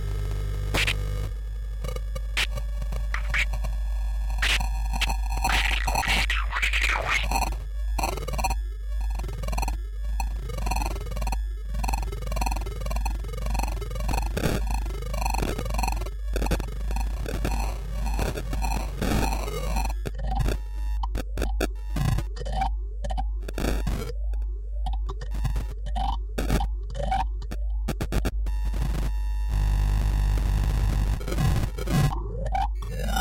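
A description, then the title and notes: A reel-to-reel tape recorder runs, its mechanism amplified while being taken apart. A constant low hum sits under dense, wavering whines and rapid rhythmic sweeps that shift in pitch, with sharp clicks and clattering bursts crowding the second half and a steady tone near the end. Recorded live at BodyControlled, LEAP. Physically dismembering playback equipment. A reel-to-reel tape recorder is switched on and its mechanism amplified with a variety of microphones while it is taken to pieces.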